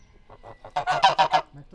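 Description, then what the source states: Domestic goose honking, a few soft nasal notes building into a few loud harsh honks. A short stretch of goose heard alone, without talking, in a zoo farmyard in Nyíregyháza, 2010.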